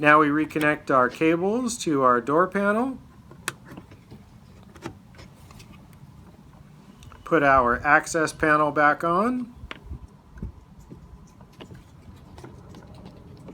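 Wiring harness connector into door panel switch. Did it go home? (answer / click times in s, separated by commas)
yes / 3.5 s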